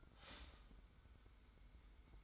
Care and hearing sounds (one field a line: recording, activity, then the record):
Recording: daily activity, microphone in the room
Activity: start toaster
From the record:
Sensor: 3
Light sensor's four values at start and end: 36/85/34/32 and 36/85/34/32